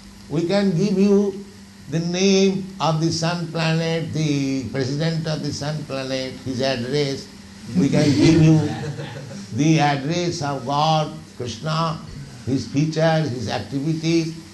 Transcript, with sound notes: We can give you the name of the sun planet, the president of the sun planet, his address. [laughter] We can give you the address of God, Kṛṣṇa, His features, His activities.